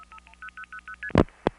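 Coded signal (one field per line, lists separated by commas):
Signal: multi-frequency trunk signalling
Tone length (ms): 80 ms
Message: 10000ST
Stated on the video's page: Long-distance trunk signalling with audible dial pulsing and forced reroutes on the French telephone network, 1974-82.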